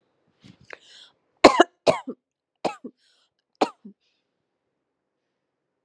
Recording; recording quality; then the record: heavy voluntary cough; excellent, no background noise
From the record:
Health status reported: COVID-19 positive, mild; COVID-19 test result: positive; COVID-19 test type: RT-PCR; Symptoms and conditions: cough, cold, fever, fatigue, muscle pain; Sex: female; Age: 26 years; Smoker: no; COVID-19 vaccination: both doses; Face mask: not worn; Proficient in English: yes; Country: India